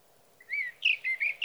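Sage thrasher song fragment: a few slurred whistles, rising and falling, followed by a bright warbled note over faint hiss.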